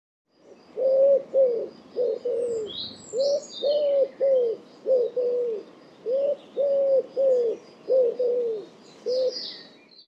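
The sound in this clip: Bird cooing: low, soft hooting notes in pairs and short runs, repeated steadily, with faint high chirps from other small birds behind.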